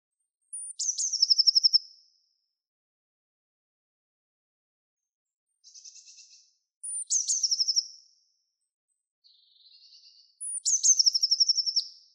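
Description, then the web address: Bird song: three loud phrases of a high thin note plus a fast, bright trill, separated by quieter buzzy trills. The rest is silence. "Deverinetal 2025 Bird Only"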